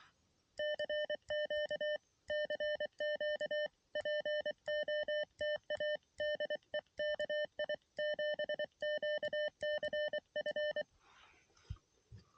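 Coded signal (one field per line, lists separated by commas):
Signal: Morse code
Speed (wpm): 23 wpm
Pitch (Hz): 600 Hz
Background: none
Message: CQ CQ POTA DE KI7QCF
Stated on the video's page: Mountain Topper MTR3B QRP radio in the field for a POTA activation, sent with a paddle into a mini no-tune end-fed half-wave antenna.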